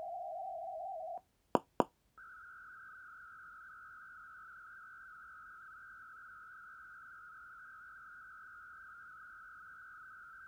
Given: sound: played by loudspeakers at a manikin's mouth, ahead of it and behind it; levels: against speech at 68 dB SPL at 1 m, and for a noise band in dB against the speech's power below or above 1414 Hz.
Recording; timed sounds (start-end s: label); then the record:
test signals for a remote microphone
0.00-1.18 s: noise band at 707 Hz, as loud as that band is in speech
1.55 s: click
1.80 s: click
2.18-10.48 s: noise band at 1414 Hz, as loud as that band is in speech
From the record:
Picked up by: measurement microphone